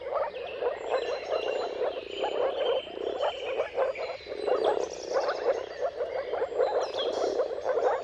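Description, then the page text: Moor frog mating chorus, dense pulsed gurgles, with faint bird notes higher up. Chorus of moor frog mating calls at sunrise, at the turn of March and April, timing depending on the weather. "Dawn’s Chorus: Mating Calls of Marsh Frogs at Sunrise. Depending on the weather at the turn of March and April, you can witness an amazing spectacle of moor frogs. Jakub-Orzecki moor frogs"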